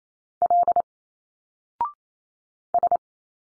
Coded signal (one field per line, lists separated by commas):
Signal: Morse code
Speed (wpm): 28 wpm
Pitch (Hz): 700 Hz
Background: none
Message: L S